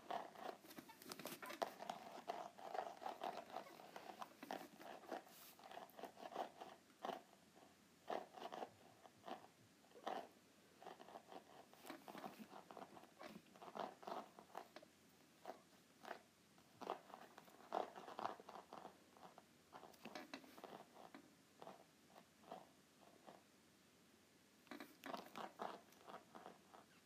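ASMR sounds of handling a notepad: a steady run of crisp taps, scratches and paper rustles, dense and irregular throughout. Louder flurries of sharp, bright clicks come around the start, near 12 seconds, 18 seconds and 25 seconds, with softer scraping between.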